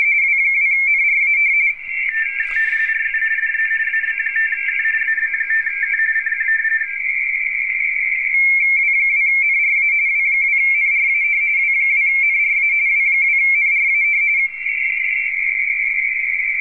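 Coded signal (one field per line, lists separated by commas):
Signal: RTTY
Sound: steady warbling two-tone chatter around 2 kHz, a second lower warbler overlapping early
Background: radio static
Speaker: W2 NRA is trying to get him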